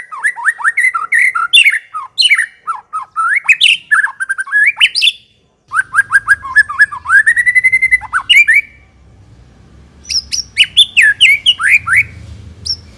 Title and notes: Pikat Murai Batu Durasi Panjang. Burung Murai Batu